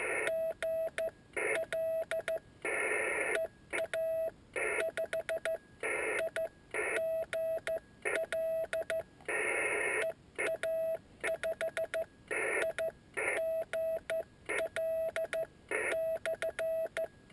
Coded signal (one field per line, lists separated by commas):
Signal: Morse code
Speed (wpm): 14 wpm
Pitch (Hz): 650 Hz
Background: radio noise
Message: GL EA5I GL EA5I GL /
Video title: Yaesu 817ND qso CW